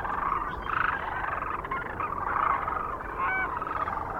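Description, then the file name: Sandhill Crane calls, rolling rattles from many overlapping birds, with a few clearer trumpeting notes standing out toward the end. Recorded near Kearney, Nebraska, on 9 March 2004. "2004-03-09 SACRandmore B Kearney NE"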